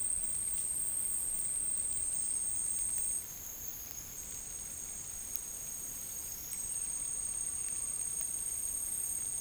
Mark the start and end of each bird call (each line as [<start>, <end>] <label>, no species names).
[3.57, 4.15] bird call
[6.16, 7.79] bird call